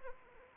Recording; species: mosquito wingbeat signal from an infrared sensor; Anopheles arabiensis